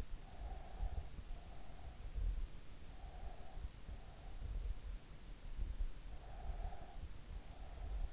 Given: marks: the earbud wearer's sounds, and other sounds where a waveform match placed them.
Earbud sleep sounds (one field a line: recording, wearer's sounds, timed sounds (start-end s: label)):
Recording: sounds in sleep by an in-ear microphone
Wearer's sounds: breath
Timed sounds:
0.17-2.02 s: breath
2.72-4.50 s: breath
6.32-8.13 s: breath